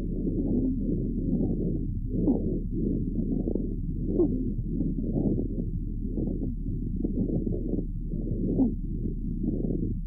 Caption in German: Subakuten und chronischen Bronchitiden findet man dagegen oft trockenes Rasseln, Knistern und Giemen. Lungenschall mit deutlich trockenem Rasseln und einigen Giemtönen im Hintergrund.